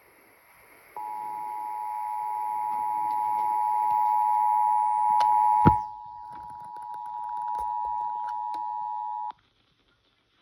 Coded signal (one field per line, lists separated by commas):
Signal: Emergency Alert System (SAME) tones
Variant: 853 and 960 Hz attention tone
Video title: Required Monthly Test off of 93.9 WKTG-FM (EAS #47)